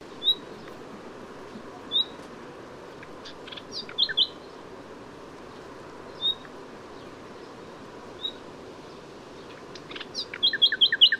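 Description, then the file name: Common nightingale giving short, clear high whistled notes every couple of seconds, with brief stuttering chattery bursts, one midway and one at the end, over steady broad rushing background noise. "Luscinia megarhynchos"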